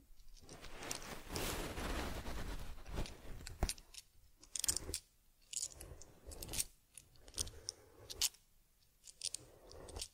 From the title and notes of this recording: ASMR Taking Care of Teddy Head Massage, Facial Cleansing, Fur Combing and Ear Cleaning(No Talking).